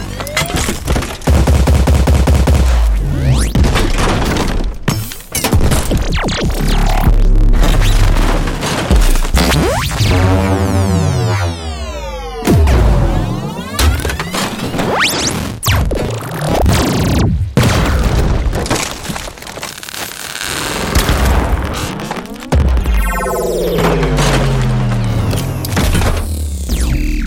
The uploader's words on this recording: Robot Sound Effects. From synthesized robot movements, complex mechanisms and transforming sounds to futuristic weapons and energy blasts. Has been created with hardware synthesizers, electromagnetic fields and field recordings.